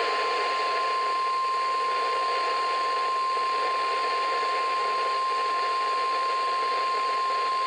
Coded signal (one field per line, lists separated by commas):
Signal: Emergency Alert System (SAME) tones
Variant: 1050 Hz attention tone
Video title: WXL52 Weekly Test (4/21/21)(EAS 678)